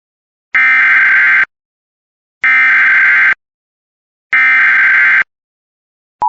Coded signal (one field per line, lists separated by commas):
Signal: Emergency Alert System (SAME) tones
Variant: header bursts